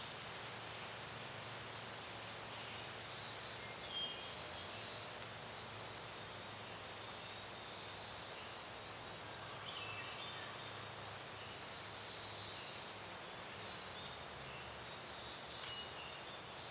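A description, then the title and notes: Soft, steady wind hisses through a forest while faint birds call and chirp intermittently, with a brief bright chirp near four seconds. Forest wind and birds, Vermont. This scene takes place in a largely deciduous forest in Berkshire, Vermont. Light wind creates a sonic bed throughout as we hear a variety of birds singing in the mid afternoon. Recorded by Chris Ruprecht.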